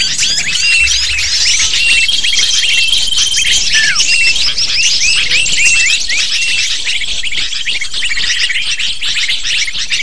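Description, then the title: Lovebird chatter, many overlapping sharp chirps and squeals with occasional descending notes, continuous and busy from start to end. Calls used as a lure (pikat) to attract lovebirds. "PIKAT BURUNG LOVEBIRD"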